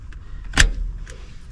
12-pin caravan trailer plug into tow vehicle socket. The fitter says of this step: pop that in, and you'll hear it click.